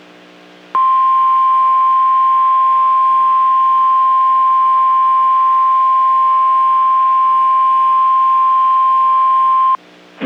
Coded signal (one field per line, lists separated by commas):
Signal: Emergency Alert System (SAME) tones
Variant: 1050 Hz attention tone